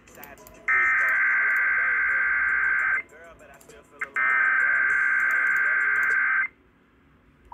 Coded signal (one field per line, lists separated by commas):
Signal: Emergency Alert System (SAME) tones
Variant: header bursts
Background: speech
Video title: Northwestern Michigan Required Monthly Test on WTCM